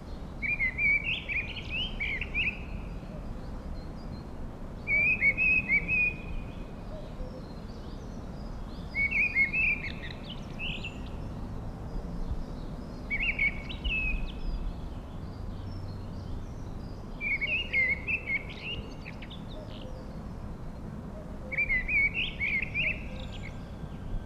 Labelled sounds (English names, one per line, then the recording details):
Mistle Thrush song
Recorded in the wild
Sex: male
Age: adult
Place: Mirnock, Kärnten, AT
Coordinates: 46.75, 13.7
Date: 1967-05-01
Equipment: Hornyphon Bandgerät, Phillips Mikrofon Type EL 6020
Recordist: Brunner, Thomas
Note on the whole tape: Oberhalb der Netzelwand aufgenommen